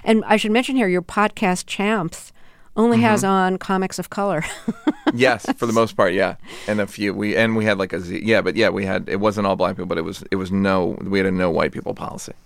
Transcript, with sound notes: And I should mention here, your podcast "Champs" only has on comics of color (laughter)
Yes, for the most part, yeah. And a few - we - and we had like - yeah, but yeah, we had - it wasn't all black people. But it was no - we had a no-white-people policy.